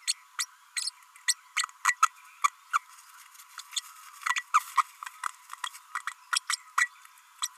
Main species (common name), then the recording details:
Green-rumped Parrotlet. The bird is a female. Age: 32 days. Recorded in a nest box in Venezuela. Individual 17B32A5